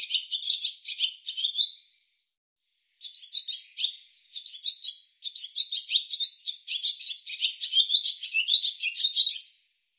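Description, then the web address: Barn swallow giving fast chattering twitters of squeaky, warbling notes in several runs separated by brief pauses, the last run the longest. Audio cleaned and normalized. "cianscape birddata Deverinetal 2025"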